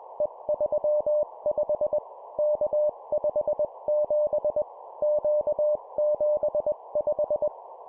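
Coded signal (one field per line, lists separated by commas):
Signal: Morse code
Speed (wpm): 21 wpm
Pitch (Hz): 600 Hz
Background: none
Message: E35 K57 Q75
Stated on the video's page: 20 WPM Morse practice of three-character groups: letter, number, number.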